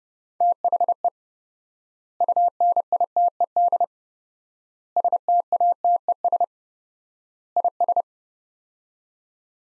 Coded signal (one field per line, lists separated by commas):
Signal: Morse code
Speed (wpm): 30 wpm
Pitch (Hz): 700 Hz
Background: none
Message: THE UNITED STATES IS